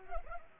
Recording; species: mosquito wingbeat signal from an infrared sensor; Culex pipiens